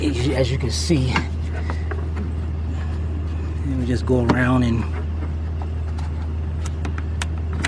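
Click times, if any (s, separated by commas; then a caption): 7.7 s. In the engine bay of a Chrysler Sebring, Dodge Avenger, Caliber, Jeep Compass or Patriot, an unnamed part is refitted after a starter replacement by working it around with a screwdriver. Someone talks over a steady low hum, with light scraping ticks near 1.7 s, 1.9 s and from about 6.7 s to 7.5 s. A sharp click at 7.7 s marks the part locking in place.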